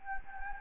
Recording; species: mosquito wingbeat signal from an infrared sensor; Anopheles gambiae